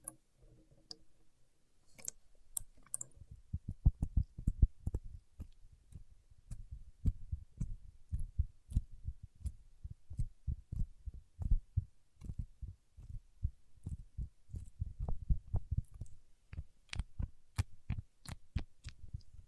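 Paraffin wax is tapped and peeled in a quick, fairly regular run of soft, dull knocks, nearly continuous from about three seconds on. A few sharper clicks and crackles break in near the start and toward the end, with brief scratchy bits between taps.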